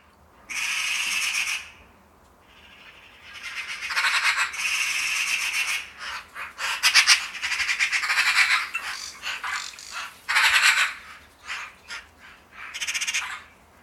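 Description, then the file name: Eurasian magpie chattering: loud, dry rattling bursts of harsh notes, some long and some clipped short, repeated irregularly throughout. "Pica pica"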